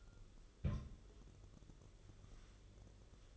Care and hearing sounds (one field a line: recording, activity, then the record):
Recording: daily activity, microphone in the room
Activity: place on stove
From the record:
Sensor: 4